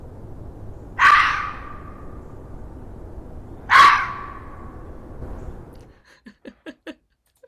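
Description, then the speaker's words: Red Fox giving two harsh, rasping screams nearly three seconds apart over background hiss, followed by a few short faint clicks at the end. Calling for mates in late winter, including in suburban and urban areas; a nocturnal noise. "It's a red fox. And in late winter, you'll be hearing these guys calling as for mates and stuff like that."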